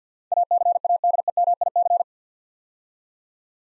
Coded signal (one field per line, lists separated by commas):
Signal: Morse code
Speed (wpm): 49 wpm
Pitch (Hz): 700 Hz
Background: none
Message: ACADEMIC